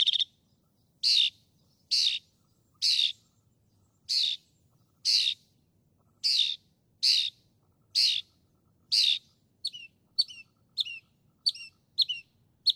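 Northern mockingbird song, a series of raspy squawks repeated roughly once a second, then a quicker run of short, sharp chip notes.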